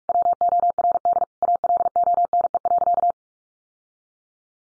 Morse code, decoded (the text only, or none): WORD ALONE.